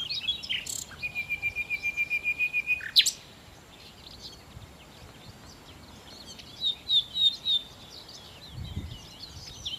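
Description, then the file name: Common nightingale song: a long, level series of repeated piping notes growing louder and ending abruptly in a sharp note, followed later by softer warbling. "Nachtigall"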